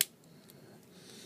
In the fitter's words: we hear it snap and now we're just going to fold these over his shoulders